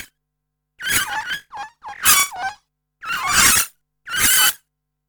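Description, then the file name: Water bird calls: a series of harsh, raspy squawks with falling tones, given in irregular bursts, some short and some longer, across about five seconds. Water birds recorded 17 February 2010. "20100217 water birds"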